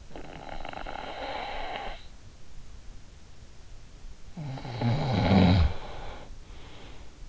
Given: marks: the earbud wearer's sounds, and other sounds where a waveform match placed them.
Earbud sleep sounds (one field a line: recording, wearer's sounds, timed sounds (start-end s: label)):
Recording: sounds in sleep by an in-ear microphone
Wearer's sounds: snoring breath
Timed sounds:
0.00-1.98 s: snoring breath
4.38-7.09 s: snoring breath